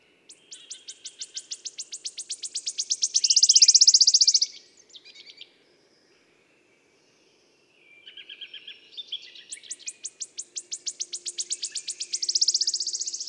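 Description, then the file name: Wood warbler song: high, accelerating series of ticking notes that speeds into a shivering trill, given twice with a pause between. "Pouillot siffleur"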